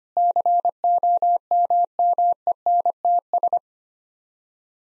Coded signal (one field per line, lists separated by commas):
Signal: Morse code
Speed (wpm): 25 wpm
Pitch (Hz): 700 Hz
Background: none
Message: COMMENTS